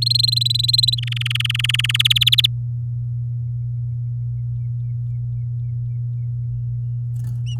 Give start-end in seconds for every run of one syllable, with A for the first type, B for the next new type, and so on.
0.02-1.00 A, 1.02-2.02 B, 2.05-2.46 C